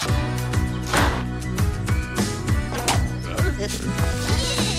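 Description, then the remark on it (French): Sheep bleats from Shaun the Sheep, about Shaun and his sheep friends on the farm, ring out over loud, bouncy music with a steady thumping bass rhythm, the wavering cries rising above the backing track several times. “Voici Shaun le mouton. Shaun habite à la ferme avec ses copains moutons.”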